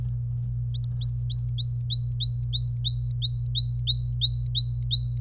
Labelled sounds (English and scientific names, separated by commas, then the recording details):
Domestic Canary (Serinus canaria) song
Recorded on 26 April 2018 at 11:24
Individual llb3